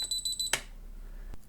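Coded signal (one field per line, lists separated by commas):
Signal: beep code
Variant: drone flight controller buzzer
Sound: about seven rapid high-pitched buzzer beeps, then a sharp click and later another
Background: small room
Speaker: 스로틀을 위로 올린 채로 아밍을 하면 이렇게 부저가 울리죠.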